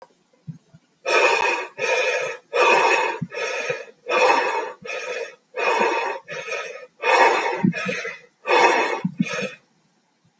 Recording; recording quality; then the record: shallow breathing; excellent, no background noise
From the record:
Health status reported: healthy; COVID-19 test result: not tested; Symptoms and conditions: none ticked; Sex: male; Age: 30 years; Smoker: not ticked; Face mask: not worn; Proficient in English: yes